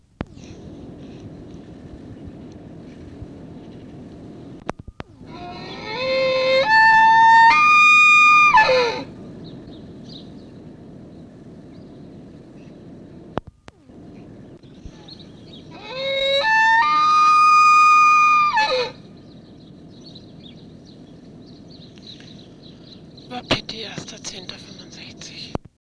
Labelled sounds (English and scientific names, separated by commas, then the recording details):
Wapiti (Cervus canadensis) rut call
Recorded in captivity
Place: Tierpark Berlin, Berlin, DE
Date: 1965-10-01
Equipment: Englisches Reportergerät, Kopie Qualiton
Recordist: Altmann, Dagmar